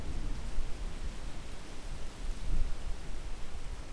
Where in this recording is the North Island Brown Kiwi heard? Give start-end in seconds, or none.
none